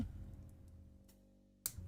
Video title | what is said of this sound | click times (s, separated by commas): RG Wing Gundam Zero EW (Part 2) - Live Build | There we go. Snapped right in. | 1.7 s